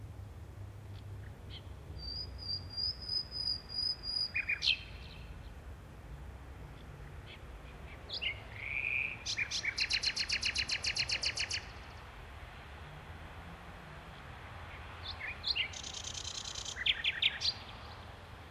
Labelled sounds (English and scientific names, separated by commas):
Common Nightingale (Luscinia megarhynchos) song